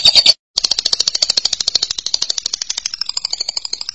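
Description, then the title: Lovebird chatter: a brief harsh burst, a short pause, then a long rapid rattling trill of buzzy high pulses that slowly eases in loudness. "BM Suara Burung Lovebird"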